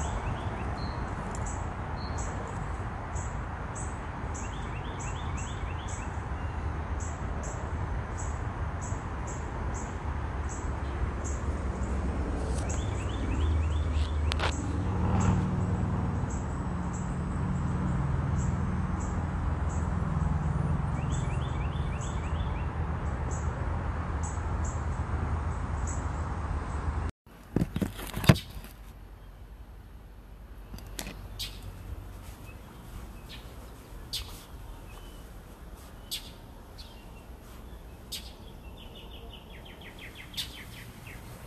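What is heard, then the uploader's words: Birds sing over a steady low rumble, with frequent high chirps and short repeated trills in a regular pattern for the first 27 seconds. Then the sound cuts abruptly to a quieter section where scattered chirps and sharp clicks continue over faint background noise. Bird Songs.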